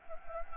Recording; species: mosquito wingbeat signal from an infrared sensor; Anopheles gambiae